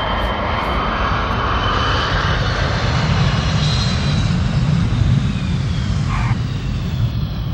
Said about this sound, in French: Le 2 mai, l'avion de Yasser Arafat atterrit à Paris.